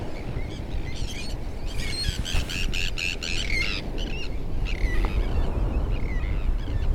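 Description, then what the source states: Gulls calling, several harsh, ringing cries overlapping in a busy burst midway, with steady roaring surf beneath throughout. Seagulls recorded by the sea.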